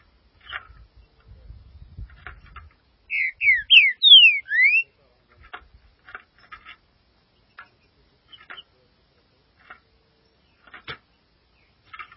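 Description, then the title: Green-winged saltator giving one strong phrase of four or five clear slurred whistles, surrounded by faint clicks and a low rumbling background. "Trinca Ferro"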